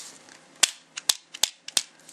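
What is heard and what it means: A loaded pistol magazine, filled with a loader that left the cartridges short of the rear, is smacked so the rounds seat fully to the back. Four sharp, loud impacts land at 0.6, 1.1, 1.4 and 1.8 s, with quieter taps just before the second and fourth. The cartridges end up seated at the rear of the magazine.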